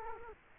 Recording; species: mosquito wingbeat signal from an infrared sensor; Culex quinquefasciatus